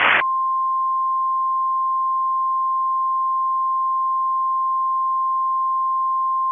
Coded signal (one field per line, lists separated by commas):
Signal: Emergency Alert System (SAME) tones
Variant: 1050 Hz attention tone